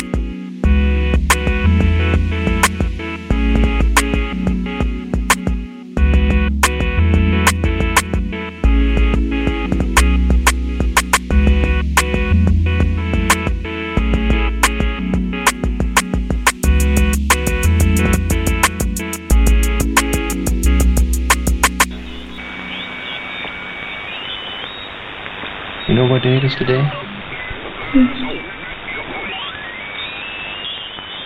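Shortwave radio at night: for the first twenty-two seconds a station comes through with dense, rhythmic music, sharp regular clicks and a steady low hum. Then it switches abruptly to muffled hissing static with faint wavering whistles and murmuring tones drifting through.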